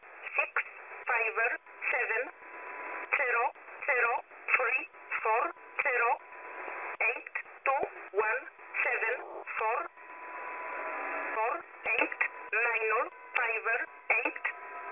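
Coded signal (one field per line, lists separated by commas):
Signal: numbers station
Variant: E11, English-language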